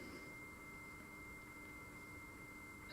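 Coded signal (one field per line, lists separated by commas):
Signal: dial-up modem handshake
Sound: a steady high answer tone around 2.1 kHz over room hiss and faint periodic clicks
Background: room hiss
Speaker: put the handset in acoustic coupler that's right that the answering modem try is all the foster modulations that he knows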